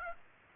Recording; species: mosquito wingbeat signal from an infrared sensor; Aedes aegypti